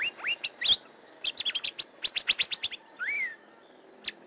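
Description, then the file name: Asian fairy-bluebird: a few rising whistles, then a rapid run of many clipped chirps and a longer slurred whistle. "suara kacembang gadung"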